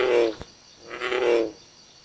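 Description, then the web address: American bullfrog giving two resonant, booming croaks with a short click between them. "Frog Lithobates Catesbeianus"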